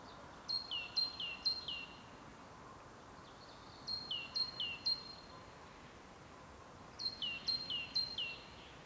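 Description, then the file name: Great tit calling in three bursts of repeated two-note phrases, a high note dropping to a lower one, each pair sharp and ringing, over a steady low background hiss. "Parus major"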